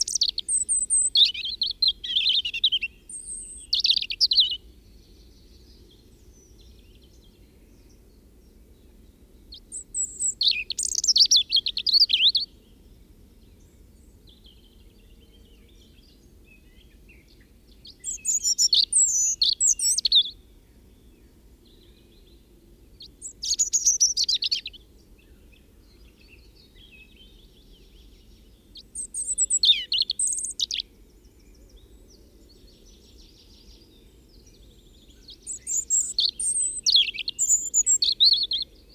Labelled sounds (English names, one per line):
European Robin song